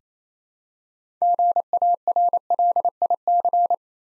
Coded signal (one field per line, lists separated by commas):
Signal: Morse code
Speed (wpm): 29 wpm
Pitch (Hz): 700 Hz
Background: none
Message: GARLIC